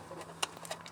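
A tuner bypass harness plug is pushed back into the main wiring harness connector of a 2016 Dodge Ram 2500 Diesel until the connector detent latches. A sharp click at 0.4 s marks the plug seating securely, followed by a few faint ticks over a low steady hum.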